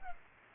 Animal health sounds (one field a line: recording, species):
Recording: mosquito wingbeat signal from an infrared sensor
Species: Culex pipiens